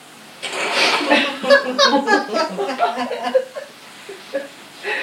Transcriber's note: everyone laughs at this statement as it was said in such a way as to be funny and hopefully as a very good reason